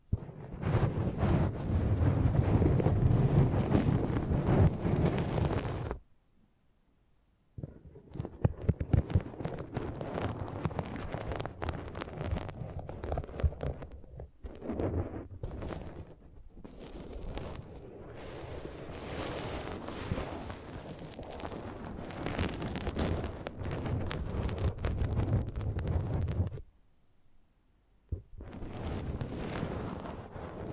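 Close-up microphone treatment: dense, rough rumbling and scraping noise with heavy low buffeting, like wind or rubbing against the mic. It cuts to silence around 6 and 27 seconds and stutters briefly near 15 seconds, then resumes at a fairly steady level.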